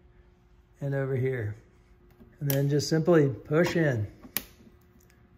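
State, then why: Seated. An inner fairing panel on a 2023 CVO Road Glide motorcycle is pushed onto its plastic body clips after the bottom clips are hooked. Someone talks, then a single sharp click at 4.4 s marks the body clip snapping home, with a few faint ticks after. The panel is seated.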